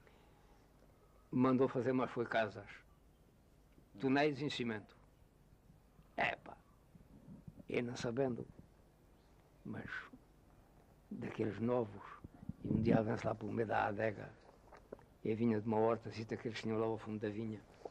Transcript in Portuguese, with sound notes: –, [pausa] mandou fazer mas foi casas. Tonéis em cimento. Eh pá! Eu não sabendo, [pausa] mas [pausa] daqueles novos! E um dia avanço lá pelo meio da adega – eu vinha duma hortazita que eles tinham lá ao fundo da vinha